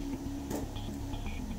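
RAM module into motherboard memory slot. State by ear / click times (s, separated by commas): not seated / none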